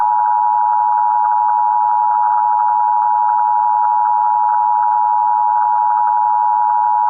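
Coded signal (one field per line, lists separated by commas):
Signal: Emergency Alert System (SAME) tones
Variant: 853 and 960 Hz attention tone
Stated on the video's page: 2011 EAS test recreated with a spiral audio effect.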